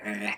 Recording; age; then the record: pig call; piglet (1 to 25 days)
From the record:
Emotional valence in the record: negative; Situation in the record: restrain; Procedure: sham castration, cut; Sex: male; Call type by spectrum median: low-frequency call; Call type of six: low-frequency tonal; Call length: 0.37 s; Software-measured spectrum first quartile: 379 Hz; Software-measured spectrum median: 1430 Hz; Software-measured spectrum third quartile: 2321 Hz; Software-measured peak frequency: 2613 Hz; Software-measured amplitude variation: 144 dB a second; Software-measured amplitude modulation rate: 12.1 a second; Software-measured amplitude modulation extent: 11.9 dB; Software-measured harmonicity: 1.6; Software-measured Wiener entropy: -1.18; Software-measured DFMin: 735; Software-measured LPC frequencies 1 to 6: 627, 1887, 2315, 2652, 3770, 4332 Hz